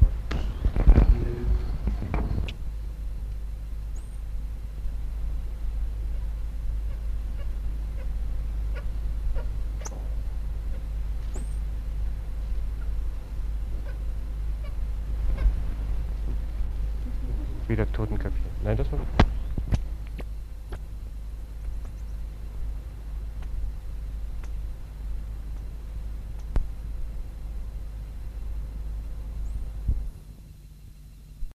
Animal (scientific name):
Saimiri sciureus